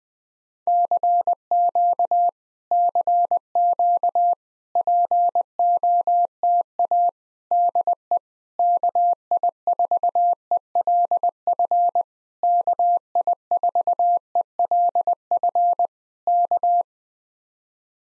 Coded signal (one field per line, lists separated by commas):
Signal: Morse code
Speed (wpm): 20 wpm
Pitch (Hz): 700 Hz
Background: none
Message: CQ CQ POTA DE KI4ELF KI4ELF K